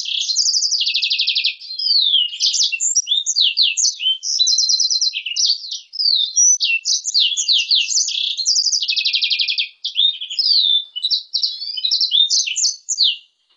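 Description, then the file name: Blackthroat x canary hybrid singing a long, high, fast song of rapid trills, buzzy rolls and sharp chirped notes, running almost without pause. "hibrid blackthroat x kenari omicau"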